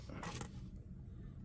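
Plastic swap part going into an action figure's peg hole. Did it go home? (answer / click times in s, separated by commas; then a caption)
no / none. A swappable brown-skin plastic piece is pressed toward the peg hole of a 6-inch action figure, making a brief rustling scrape from about 0.2 to 0.45 s with a sharp tap at 0.4 s over a low steady hum. Nothing has clicked or seated; the part fails to snap on because of a quality-control problem.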